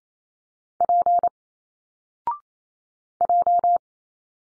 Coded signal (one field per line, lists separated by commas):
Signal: Morse code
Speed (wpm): 28 wpm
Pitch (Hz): 700 Hz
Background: none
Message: P J